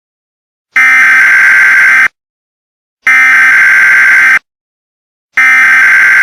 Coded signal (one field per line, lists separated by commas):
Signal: Emergency Alert System (SAME) tones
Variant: header bursts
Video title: EAS Scenario #6: The Corner